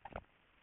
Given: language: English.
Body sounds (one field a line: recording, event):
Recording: throat vibration sensor signal played as sound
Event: swallow